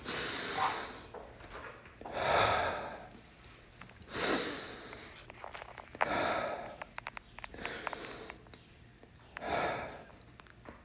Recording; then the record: deep breathing after running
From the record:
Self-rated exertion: moderate exertion (3 of 6); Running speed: 6 miles an hour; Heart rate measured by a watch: 152 beats a minute at the start, 151 at the end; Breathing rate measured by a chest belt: 20 breaths a minute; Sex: male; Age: 31 years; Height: 178 cm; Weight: 72 kg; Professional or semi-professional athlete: no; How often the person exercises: 3 to 5 times a week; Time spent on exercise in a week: 2 to 3 hours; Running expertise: yes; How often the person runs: 3 to 5 times a week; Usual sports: running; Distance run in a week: 5 km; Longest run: 10 km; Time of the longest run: 65 minutes